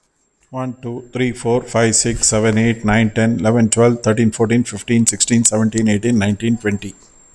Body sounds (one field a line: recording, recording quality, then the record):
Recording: counting at a fast pace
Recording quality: excellent, no background noise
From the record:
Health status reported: healthy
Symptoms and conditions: diabetes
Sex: male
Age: 51 years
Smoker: yes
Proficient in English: yes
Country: India